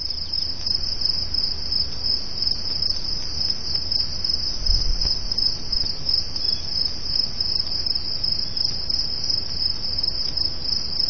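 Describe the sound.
Continuous high cricket trill with slight pulsing, steady for the whole stretch, with a brief low thump midway.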